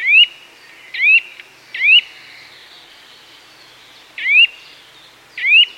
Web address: nuthatch calls with chiffchaff blackbird wren blue tit and chaffinch in distance